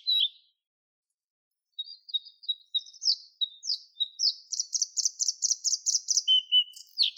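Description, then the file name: Bluethroat song: a brief opening note, a pause, then high notes building into a long ringing repeated phrase, ending with a few varied notes. "Luscinia svecica"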